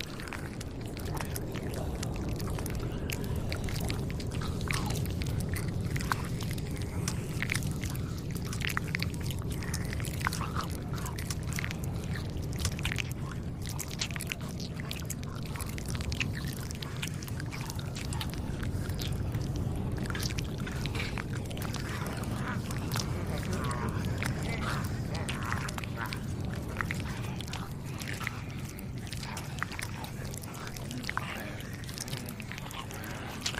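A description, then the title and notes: A zombie scene with a constant low rumbling drone under a dense stream of wet, crackling clicks and squelches, like chewing and biting. Growly voice-like sounds surface now and then, and the level holds steady for the whole half minute. Zombie apocalypse ASMR Ambience. Zombie eat/bite/moan.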